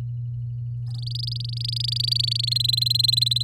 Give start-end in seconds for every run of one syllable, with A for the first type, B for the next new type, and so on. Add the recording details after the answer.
0.86-2.45 A, 2.47-3.43 B. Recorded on 11 May 2018 at 07:06. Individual llb16